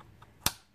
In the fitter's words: hear that little click then